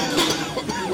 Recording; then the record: coughing mixed with background sound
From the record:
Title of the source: Dry Coughing Fit in the Afternoon.